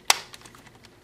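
A plastic screen bezel on an HP Pavilion dv6-2155dx is pressed back onto the laptop display lid, and a retaining clip snaps home with a sharp click at 0.1 s. Softer ticks follow at about 0.3, 0.6 and 0.9 s. The bezel is seated, and no one talks.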